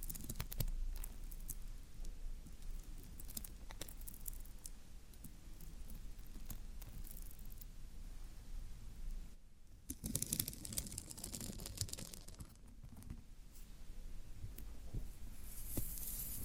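Floral foam being handled, with a dense run of soft crunching, tearing and rustling through the whole stretch. Sharper clicks and crackles pop up irregularly, with a brief hush near ten seconds before the crumbling texture resumes, and a steady low hum underneath.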